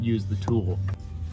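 A new spin-on oil filter is handled at its threaded engine filter mount on an F150 5.0L during an oil change, to be turned by hand without a tool. Someone talks over a steady low hum. Nothing has seated or clicked yet.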